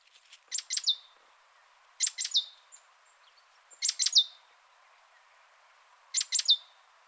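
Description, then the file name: Great tit calls: short bursts of two or three sharp, high chips ending in a brief downslurred note, repeated about every two seconds, with faint background hiss. "Parus major"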